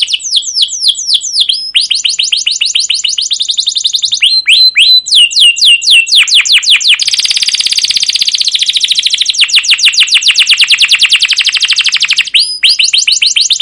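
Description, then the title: Canary singing rapid chirped phrases, then an extended buzzy rolling trill, finishing with a rising whistle and more quick chirps. Canary song with long rolling trills (cuit cuit ngerol), described as gacor, used as a lure (pancingan) master recording to train other canaries to sing. "CUIT CUIT NGEROL LANGSUNG GACOR PANJANG Kenari Ini Utk Pancingan KENAR. Masteran Suara Burung Kenari Gacor Panjang cuit cuit Ngerol untuk Pancingan Kenari!"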